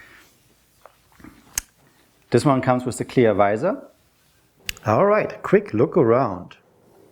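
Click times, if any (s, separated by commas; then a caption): none. Someone talks while handling a Shoei RF 1400 Prologue motorcycle helmet with a clear plastic visor, with a few short, sharp handling knocks between the words. The visor has not yet been pressed shut onto the helmet's center lock, and nothing has seated or clicked yet.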